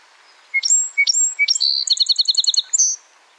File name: SOSP SONG QC Song Sparrow - Melospiza melodia